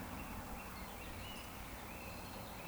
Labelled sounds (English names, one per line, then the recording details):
Eurasian Woodcock whistle
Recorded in Baden-Württemberg, Germany, on 13 June 2020 at 19:59 UTC
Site 14569, 102 m above sea level